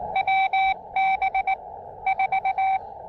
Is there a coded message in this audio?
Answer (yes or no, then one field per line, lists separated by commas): yes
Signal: Morse code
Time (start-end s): 0.2-2.8 s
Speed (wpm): 18 wpm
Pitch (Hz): 770 Hz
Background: none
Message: WB 4